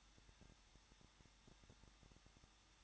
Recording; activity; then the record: daily activity, microphone in the room; no activity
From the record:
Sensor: 3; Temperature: 21.2 degrees Celsius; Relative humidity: 36.4%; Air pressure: 1006.4 hPa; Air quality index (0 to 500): 223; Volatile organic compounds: 43 ppm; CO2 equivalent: 3192 ppm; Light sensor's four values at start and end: 2/3/2/2 and 2/3/2/2